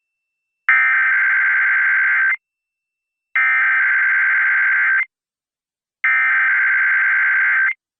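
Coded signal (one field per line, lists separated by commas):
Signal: Emergency Alert System (SAME) tones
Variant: header bursts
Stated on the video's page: Required weekly test aired on a Philadelphia sports FM station, an audio-only radio catch, about two hours after the state monthly test.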